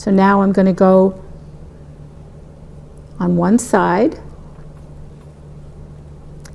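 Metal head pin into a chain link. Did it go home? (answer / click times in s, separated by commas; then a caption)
yes / 6.5 s. Someone talks while a metal head pin is connected into the next chain link, followed by a quiet stretch with low background hum. A short, faint click at 6.5 s marks the head pin seating in the chain link.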